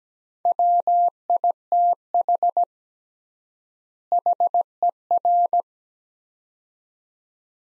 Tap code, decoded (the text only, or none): none